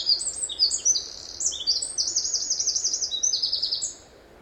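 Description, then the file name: Eurasian wren singing a loud, rapid run of high trilled notes and rattling phrases that ends abruptly near four seconds, leaving soft hiss. "Troglodytes troglodytes"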